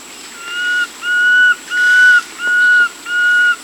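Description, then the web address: Fasciated antshrike giving steady, level whistled notes, each held about half a second, five in a row at a regular pace, with a faint high hiss behind. Amazon, Peru. "Natures Songs S America Birds of the Amazon 2. Fasciated Antshrike (Cymbilaimus lineatus), Peru"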